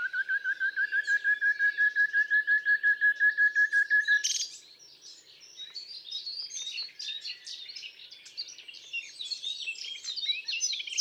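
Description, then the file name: Common nightingale singing: a long series of rapid, evenly repeated whistled notes over about four seconds, then a burst and a long run of varied, chattering, buzzy phrases. "Rossignol philomele"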